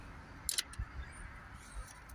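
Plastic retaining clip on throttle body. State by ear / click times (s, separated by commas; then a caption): seated / 0.5 s. A plastic retaining clip on the throttle body of a Range Rover Sport 3.0, fitted to fix a P0234-77 turbo overboost sticking flap, is closed over and pressed down. A sharp click at 0.5 s is followed by two fainter ticks at 0.6 s and 0.7 s against a low background hum. The clip locks into place.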